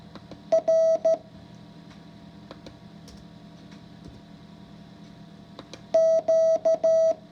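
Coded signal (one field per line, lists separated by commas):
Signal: Morse code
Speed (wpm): 13 wpm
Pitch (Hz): 650 Hz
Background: none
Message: R Q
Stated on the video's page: Morse code lesson 5 practice.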